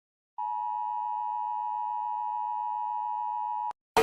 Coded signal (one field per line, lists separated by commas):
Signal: Emergency Alert System (SAME) tones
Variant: 853 and 960 Hz attention tone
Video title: Rating EAS Alarms because why not